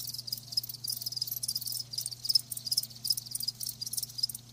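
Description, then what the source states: Crickets produce a brief stretch of high, pulsing chirps, irregular bursts within a continuous shimmering chorus and faint hum. Live crickets chirping, a lulling song.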